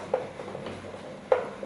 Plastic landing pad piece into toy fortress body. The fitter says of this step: And this one's removable. I think it's not all the way in. It's not supposed to be removable once it's all in.